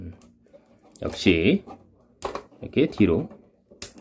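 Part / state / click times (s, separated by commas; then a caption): plastic panel/joint of a transforming robot toy locking into the toy body / seated / 3.8 s. Someone talks while folding a plastic panel/joint of an MP44 3.0 Optimus Prime transforming robot toy back into the toy body during its vehicle-mode transformation. The part is pressed into its locked position and snaps firmly at 3.8 s, fixed so that it makes a snapping sound. It is confirmed seated.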